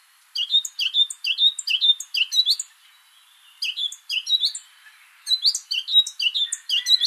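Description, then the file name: Eurasian Blackcap song: three bursts of quick, varied chirping notes with short gaps between. "Sylvia atricapilla"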